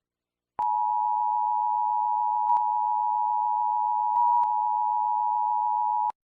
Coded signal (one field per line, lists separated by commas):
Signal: Emergency Alert System (SAME) tones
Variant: 853 and 960 Hz attention tone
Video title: [EAS SCENARIO] The Cuban Missile Crisis, October 17th, 1962.